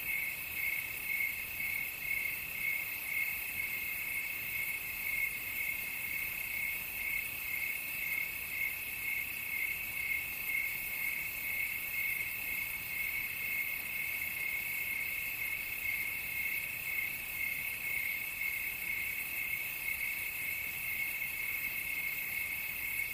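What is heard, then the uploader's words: Crickets chirp steadily throughout, a dense, unbroken high trill that pulses in a fast regular rhythm without pausing. A faint, even hiss sits above it, and almost nothing occupies the low end, so the night chorus sounds thin and bright from start to finish. The sound of crickets I recorded at my cabin last summer.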